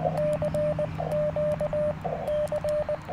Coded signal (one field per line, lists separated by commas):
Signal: Morse code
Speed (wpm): 19 wpm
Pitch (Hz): 600 Hz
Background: radio noise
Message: CQ C